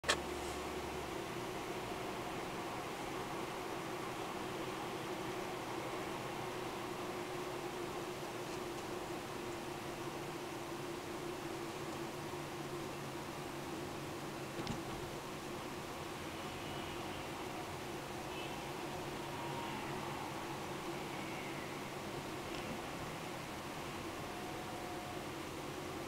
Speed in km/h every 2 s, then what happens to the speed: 35, 38, 40, 39, 39, 37, 36, 32, 32, 31, 31, 31, 32.
0-8 steady at about 39. 8-14 slows to 32. 14-26 steady at about 31.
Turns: none.